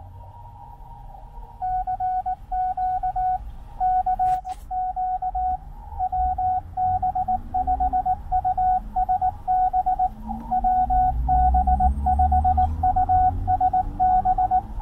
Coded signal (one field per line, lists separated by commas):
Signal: Morse code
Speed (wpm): 19 wpm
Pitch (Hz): 740 Hz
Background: none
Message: CQ K Q WB5USB WB5USB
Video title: CW / Morse Code Practice - Another Way to Let the CW Flow